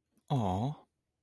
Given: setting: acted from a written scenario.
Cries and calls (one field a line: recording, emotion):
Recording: vocal sound without words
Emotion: adoration